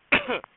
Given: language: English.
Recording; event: throat vibration sensor signal played as sound; cough